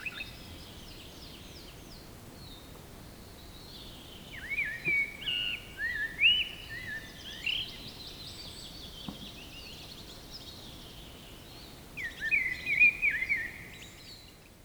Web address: linnut mustarastas